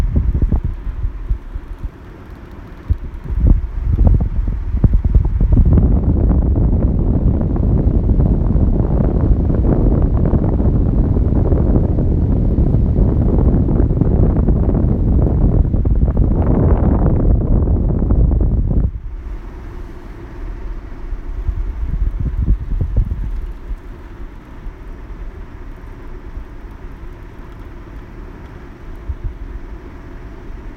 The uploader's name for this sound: Air conditioning